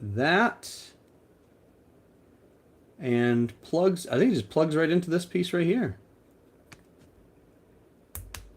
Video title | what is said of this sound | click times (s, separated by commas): Can I Build Asuka’s Unit-02 While Drinking? - Blokees EVA-02 Build & Chat PART 2 🍻 | Yeah, that's satisfying. That clips in there with like a very satisfying click. | 8.2 s, 8.3 s